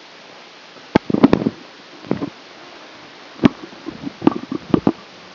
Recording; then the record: brain microelectrode recording played as sound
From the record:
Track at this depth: inside the subthalamic nucleus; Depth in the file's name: 0.04 mm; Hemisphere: right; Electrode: 3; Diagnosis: Parkinson's disease